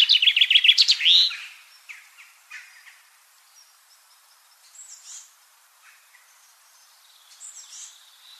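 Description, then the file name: Common chaffinch song: one fast trill falling in pitch with a short closing flourish, followed by a few soft scattered chirps. "Fringilla coelebs"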